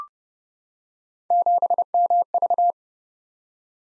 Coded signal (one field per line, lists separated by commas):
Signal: Morse code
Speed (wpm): 28 wpm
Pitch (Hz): 700 Hz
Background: none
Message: 7MV